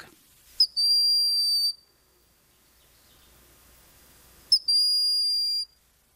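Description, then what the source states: Broad-winged Hawk whistled call: two thin, high, level whistles, each about a second long with a sharp start, spaced roughly four seconds apart against a quiet background. Call non-imposing, unhawk-like, plaintive and whistling; a small, demure brown hawk the size of a crow that sits quietly in forest under the canopy.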